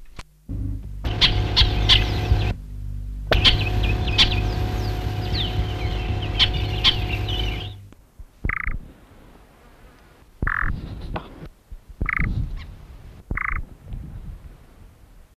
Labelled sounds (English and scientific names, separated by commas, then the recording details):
White-browed Sparrow-Weaver (Plocepasser mahali) call
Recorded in captivity
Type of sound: call
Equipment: Halbspur, 9,5 cm/s
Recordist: Lütgens, Hans
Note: Warnrufe